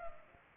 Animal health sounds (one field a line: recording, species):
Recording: mosquito wingbeat signal from an infrared sensor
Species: Culex pipiens